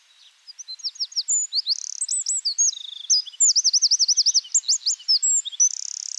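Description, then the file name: Eurasian wren song, a rapid, loud run of very high notes with quick up-and-down slurred elements, a fast trill of repeated loops, and buzzy rattles. "Troglodytes troglodytes"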